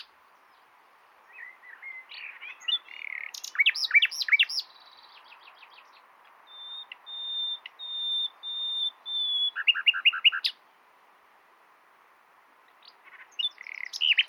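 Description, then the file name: Common nightingale song including a series of long, pure, level whistles that swell, followed by a fast rattling trill and later scattered chirps. "Luscinia megarhynchos"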